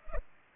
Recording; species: mosquito wingbeat signal from an infrared sensor; Culex pipiens